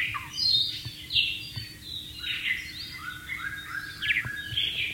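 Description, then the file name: White-rumped shama: songbird delivering a stream of high whistles and warbled phrases against noticeable hiss and low rumble in the background. Heard in the wild. "suara burung murai batu di alam liar"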